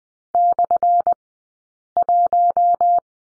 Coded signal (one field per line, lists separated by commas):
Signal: Morse code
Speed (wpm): 20 wpm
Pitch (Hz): 700 Hz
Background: none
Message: /1